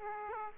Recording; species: mosquito wingbeat signal from an infrared sensor; Aedes aegypti